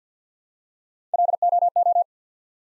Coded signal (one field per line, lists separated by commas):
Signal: Morse code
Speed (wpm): 50 wpm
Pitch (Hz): 700 Hz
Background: none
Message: LOO